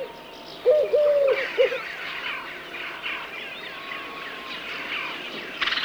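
Eurasian collared dove cooing: one low three-note phrase with the middle note held longest.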